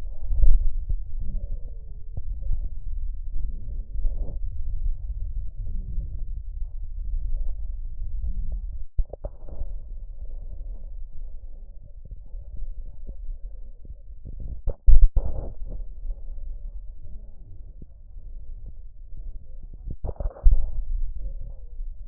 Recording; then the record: lung sounds by stethoscope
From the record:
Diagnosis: emphysema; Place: left posterior upper chest